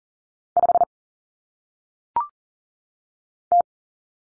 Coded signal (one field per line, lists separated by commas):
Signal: Morse code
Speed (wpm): 40 wpm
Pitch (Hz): 700 Hz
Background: none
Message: 5 T